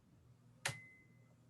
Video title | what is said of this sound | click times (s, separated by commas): zoom FIL2461-0003 02/09/21 - Building the Camera | Now I know that that's locked in place. Okay. | 0.7 s